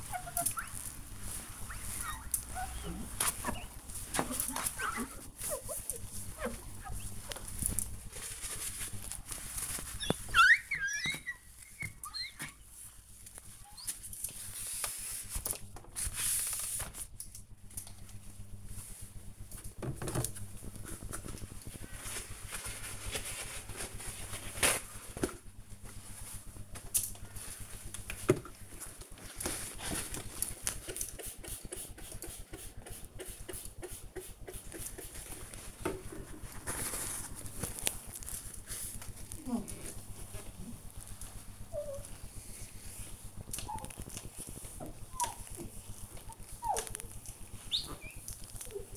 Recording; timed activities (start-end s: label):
household activities, microphone on the right wrist
0.00-48.97 s: window cleaning